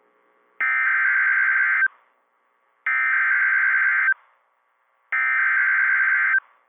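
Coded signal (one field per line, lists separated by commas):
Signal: Emergency Alert System (SAME) tones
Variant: header bursts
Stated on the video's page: EAS alerts from one severe weather day, including a PDS Tornado Warning in the Indianapolis coverage area.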